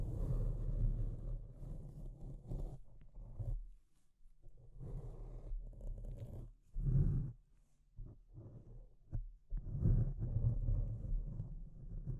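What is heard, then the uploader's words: Deep scratching in uneven bursts, low and rough with a muffled thud to it, separated by brief quiet pauses every second or two. Deep Scratching. (No Talking).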